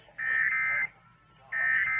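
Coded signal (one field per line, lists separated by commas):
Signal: Emergency Alert System (SAME) tones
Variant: end-of-message bursts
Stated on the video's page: Compilation of EAS tones for severe thunderstorm warnings and watches.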